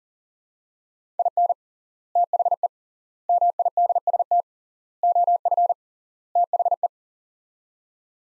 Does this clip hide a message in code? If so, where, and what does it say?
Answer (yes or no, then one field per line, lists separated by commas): yes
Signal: Morse code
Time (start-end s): 1.2-6.9 s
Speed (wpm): 40 wpm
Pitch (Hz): 700 Hz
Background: none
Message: IN THE MIDST OF THE